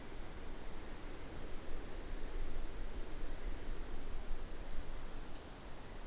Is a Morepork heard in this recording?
no